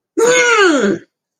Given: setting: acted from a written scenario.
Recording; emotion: vocal sound without words; triumph